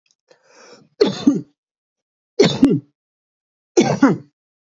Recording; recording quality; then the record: heavy voluntary cough; excellent, no background noise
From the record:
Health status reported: exposed to COVID-19, no respiratory illness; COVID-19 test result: not tested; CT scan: not taken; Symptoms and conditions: none ticked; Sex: male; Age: 27 years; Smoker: yes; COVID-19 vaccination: both doses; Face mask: not worn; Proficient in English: yes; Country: India